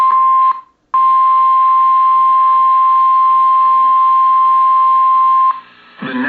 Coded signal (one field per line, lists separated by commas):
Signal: Emergency Alert System (SAME) tones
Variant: 1050 Hz attention tone